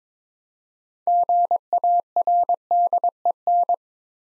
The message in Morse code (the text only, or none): GARDEN